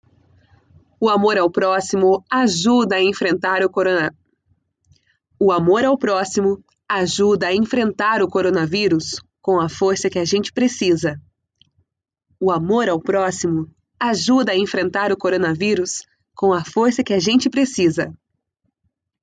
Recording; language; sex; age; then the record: spoken sentence; Brazilian Portuguese; female; 30 to 39 years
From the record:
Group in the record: control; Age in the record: 32 years